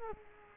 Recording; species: mosquito wingbeat signal from an infrared sensor; Culex quinquefasciatus